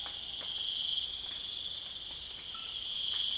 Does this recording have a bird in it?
no